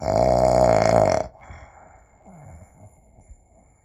Male snore.